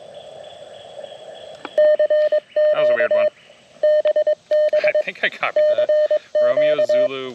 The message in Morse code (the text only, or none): CQ BB CQ